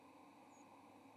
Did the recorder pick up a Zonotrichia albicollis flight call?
yes